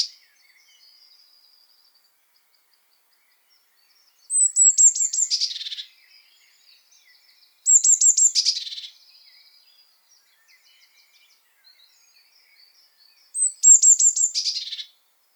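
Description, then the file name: Eurasian blue tit calls: three scolding bursts of fast descending high notes, with quiet thin notes in between. "Cyanistes caeruleus"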